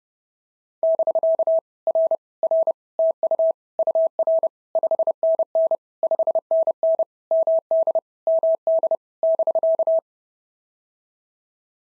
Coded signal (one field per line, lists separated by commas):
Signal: Morse code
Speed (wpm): 28 wpm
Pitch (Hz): 650 Hz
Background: none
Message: <BK> R R TU UR 5NN 5NN MD MD <BK>